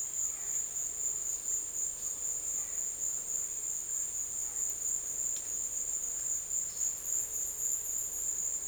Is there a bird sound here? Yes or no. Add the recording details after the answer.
no. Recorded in dense forest near Puerto Asís, Putumayo, Colombia, on 23 June 2025 at 13:00. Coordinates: 0.484, -76.325. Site H65